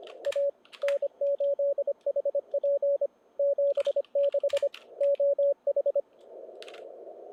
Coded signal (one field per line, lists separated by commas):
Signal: Morse code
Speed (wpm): 30 wpm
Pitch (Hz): 560 Hz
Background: radio noise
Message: A N8HP 76 OH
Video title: NG7M 2020 ARRL Sweepstakes CW Live Operating (Posted October 2021)